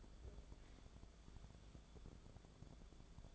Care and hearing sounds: daily activity, microphone in the room; take from stove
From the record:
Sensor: 5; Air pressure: 1010.5 hPa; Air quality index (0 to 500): 113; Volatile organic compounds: 2 ppm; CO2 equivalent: 1108 ppm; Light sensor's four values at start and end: 534/1358/565/651 and 606/1524/637/748

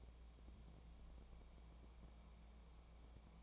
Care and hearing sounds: daily activity, microphone in the room; take from stove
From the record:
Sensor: 1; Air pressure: 1000.0 hPa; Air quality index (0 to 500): 134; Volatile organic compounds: 2 ppm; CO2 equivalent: 1270 ppm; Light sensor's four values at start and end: 43/107/45/57 and 43/107/45/57

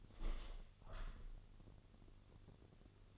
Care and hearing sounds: daily activity, microphone in the room; open window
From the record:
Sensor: 4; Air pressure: 1001.2 hPa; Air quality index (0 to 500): 173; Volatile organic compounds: 2 ppm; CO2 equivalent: 1241 ppm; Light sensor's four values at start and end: 12/27/11/11 and 12/27/11/12

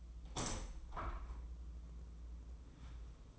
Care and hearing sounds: daily activity, microphone in the room; open window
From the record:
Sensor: 1

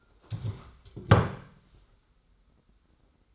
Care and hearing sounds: daily activity, microphone in the room; stand up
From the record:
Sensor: 3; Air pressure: 991.6 hPa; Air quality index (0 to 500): 176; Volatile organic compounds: 1000 ppm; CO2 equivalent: 5859 ppm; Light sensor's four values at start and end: 35/99/40/35 and 35/99/41/35

